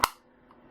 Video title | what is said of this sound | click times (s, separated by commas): Blue Sky 1501 Towa Bobbin Tension Gauge | we take the gauge install our bobbin in here clicks | 0.0 s